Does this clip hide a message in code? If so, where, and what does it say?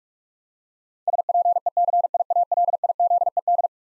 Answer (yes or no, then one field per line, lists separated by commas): yes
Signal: Morse code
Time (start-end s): 1.1-3.7 s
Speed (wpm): 46 wpm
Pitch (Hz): 700 Hz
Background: none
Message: SPECIALIZED